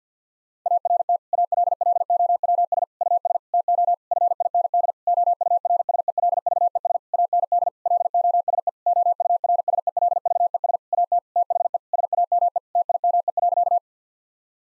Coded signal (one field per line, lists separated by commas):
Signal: Morse code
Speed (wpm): 50 wpm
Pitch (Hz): 700 Hz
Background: none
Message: ART ALLOWS US TO FIND OURSELVES AND LOSE OURSELVES AT THE SAME TIME.